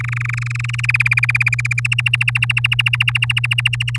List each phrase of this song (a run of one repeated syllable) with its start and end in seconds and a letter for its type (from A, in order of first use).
0.00-0.86 A, 0.88-1.80 B, 1.84-3.98 C